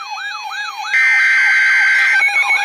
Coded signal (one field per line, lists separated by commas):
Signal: Emergency Alert System (SAME) tones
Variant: header bursts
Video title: Special Marine Warning #4 - 04/04/23 (EAS #2,705)